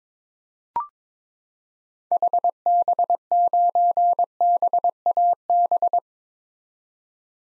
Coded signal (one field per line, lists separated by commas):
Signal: Morse code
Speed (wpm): 22 wpm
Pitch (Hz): 700 Hz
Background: none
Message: HB9BAB